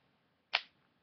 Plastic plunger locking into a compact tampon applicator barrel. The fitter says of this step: and pull it to hear the click